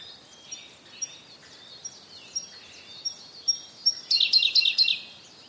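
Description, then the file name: Siberian blue robin song: spaced, quiet, high ticks, then a loud, rapid series of ringing notes. "koruri"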